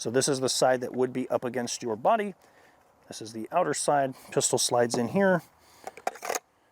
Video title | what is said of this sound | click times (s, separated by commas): Do you "NEED" and extended slide release? Featuring the Tyrant CNC extended slide release. | and locks in place. It's locked in. | 6.1 s